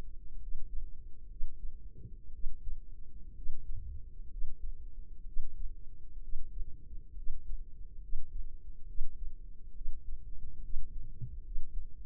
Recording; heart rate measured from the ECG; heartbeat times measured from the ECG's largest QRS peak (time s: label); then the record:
heart sounds by microphone in the left ear; 65 bpm
0.36 s: heartbeat
1.26 s: heartbeat
2.29 s: heartbeat
3.31 s: heartbeat
4.26 s: heartbeat
5.22 s: heartbeat
6.18 s: heartbeat
7.12 s: heartbeat
7.98 s: heartbeat
8.84 s: heartbeat
9.71 s: heartbeat
10.59 s: heartbeat
11.40 s: heartbeat
From the record:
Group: healthy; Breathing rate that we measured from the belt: 17 breaths a minute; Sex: female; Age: 23 years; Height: 160 cm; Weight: 50.4 kg